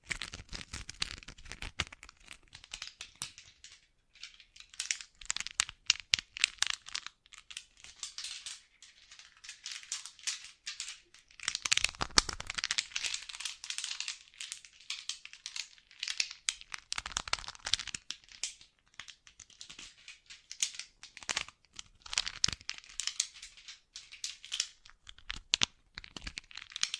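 Bracelets and jewelry boxes are handled in a busy, continuous stream of small bright clinks, rattles and crinkly rustles. The sound comes in uneven bursts, with fuller, heavier handling around 12 seconds and again near 17 and 26 seconds, and brief quieter gaps between.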